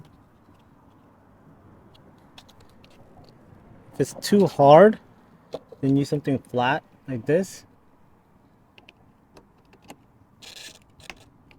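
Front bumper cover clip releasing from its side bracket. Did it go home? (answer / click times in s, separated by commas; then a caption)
released / 11.1 s. On a 2018-2020 Honda Accord, the plastic clip holding the front bumper cover to its side bracket on the second side is pressed down, with a flat tool to pry it if it is too hard. Someone talks in the middle of the clip, with small scattered ticks and taps around it. A sharp click at 11.1 s marks the clip releasing from the bracket.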